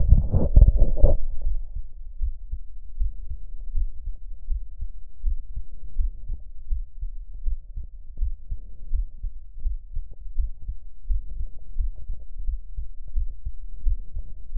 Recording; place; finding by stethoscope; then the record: heart sounds by stethoscope; aortic valve (AV); normal heart sounds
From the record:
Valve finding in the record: normal valve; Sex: female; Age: 43 years